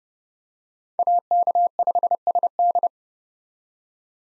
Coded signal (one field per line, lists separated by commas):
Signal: Morse code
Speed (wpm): 30 wpm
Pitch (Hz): 700 Hz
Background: none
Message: AK5SD